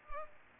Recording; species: mosquito wingbeat signal from an infrared sensor; Culex pipiens